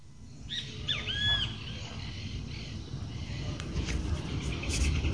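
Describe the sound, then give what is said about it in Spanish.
Morning birds after a storm: several bright, whistling chirps rise and fall early on, then fade, over a steady low rumbling wash of background noise that carries on to the end. “Continuamos con las voces de la mañana, los pájaros y su alegría después de la tormenta.”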